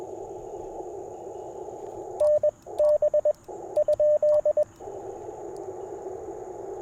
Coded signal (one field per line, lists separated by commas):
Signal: Morse code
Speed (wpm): 21 wpm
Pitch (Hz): 590 Hz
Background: radio noise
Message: NB?